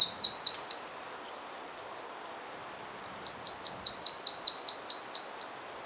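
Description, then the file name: Marsh tit calls: a quick burst of three high ringing notes, a pause, then a longer run of about a dozen evenly spaced sharp notes. "Poecile palustris"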